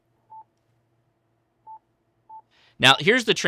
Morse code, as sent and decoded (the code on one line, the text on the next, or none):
none